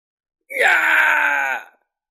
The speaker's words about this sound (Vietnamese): Một tiếng thét hoảng sợ thảm thiết vang lên. Thánh nhân của Tử Lâm Vương căn bản là không đủ sức chống cự, bị kim quang áp xuống, liền ngay lập tức biến thành tro tàn.